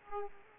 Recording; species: mosquito wingbeat signal from an infrared sensor; Aedes aegypti